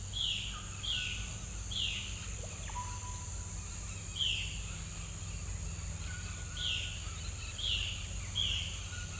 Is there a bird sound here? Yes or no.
yes